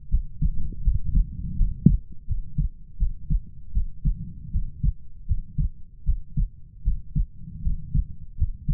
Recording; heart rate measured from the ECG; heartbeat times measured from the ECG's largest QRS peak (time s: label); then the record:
heart sounds by stethoscope; 80 bpm
0.09 s: heartbeat
0.82 s: heartbeat
1.56 s: heartbeat
2.26 s: heartbeat
2.97 s: heartbeat
3.72 s: heartbeat
4.51 s: heartbeat
5.26 s: heartbeat
6.04 s: heartbeat
6.82 s: heartbeat
7.62 s: heartbeat
8.36 s: heartbeat
From the record:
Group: healthy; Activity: rest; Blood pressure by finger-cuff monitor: 92/55 mmHg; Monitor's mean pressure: 67 mmHg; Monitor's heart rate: 80 bpm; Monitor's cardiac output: 7.3 L/min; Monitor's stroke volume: 91 mL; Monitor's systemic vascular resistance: 660 dyn s/cm5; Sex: female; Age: 19 years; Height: 163 cm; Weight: 48.9 kg